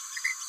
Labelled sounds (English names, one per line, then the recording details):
Green-rumped Parrotlet babbling
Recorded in a nest box in Venezuela
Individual 18B17A4